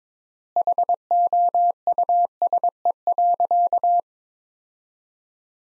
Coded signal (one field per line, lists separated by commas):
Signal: Morse code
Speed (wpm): 22 wpm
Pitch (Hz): 700 Hz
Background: none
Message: HOUSE.